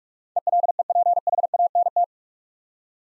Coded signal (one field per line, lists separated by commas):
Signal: Morse code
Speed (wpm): 44 wpm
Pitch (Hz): 700 Hz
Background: none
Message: ELEPHANT